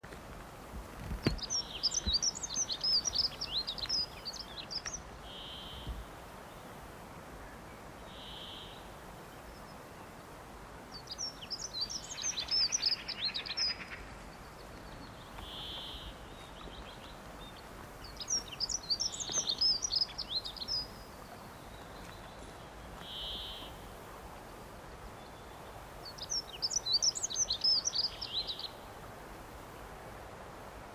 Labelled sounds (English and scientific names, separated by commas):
Dunnock (Prunella modularis) song, Brambling (Fringilla montifringilla)